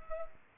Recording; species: mosquito wingbeat signal from an infrared sensor; Culex pipiens